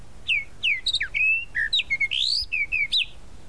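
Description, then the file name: Tropical mockingbird singing a continuous stream of sweet whistled phrases, rising and falling, with occasional buzzier notes mixed among the clear tones. "Canto-do-Sabiá-da-Praia"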